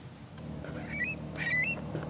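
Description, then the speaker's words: Long-billed Curlew calling: two soft upslurred whistled coo-wee notes, the second stronger, over a low engine rumble. Transmitter-fitted male in Idaho flushed from a road as an off-road vehicle passed; its 'curly call', coo-wee, signals 'I'm here' to other curlews in the area. "That sound he made, coo-wee, coo-wee, Heather calls it the curly call. It's Dozer's way of saying, hey, I'm here, to other curlews"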